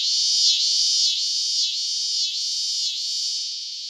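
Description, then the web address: Scissor-grinder cicada song, a loud high rasping buzz, rhythmically pulsed with regular swells and dips, tapering slightly at the end. North America. "Songs of Insects. Scissor-grinder Cicada"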